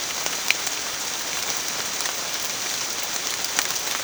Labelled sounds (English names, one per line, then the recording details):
none
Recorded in pastures near Puerto Asís, Putumayo, Colombia, on 25 June 2025 at 14:00
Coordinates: 0.502, -76.324
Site G010